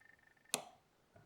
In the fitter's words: nice click out of that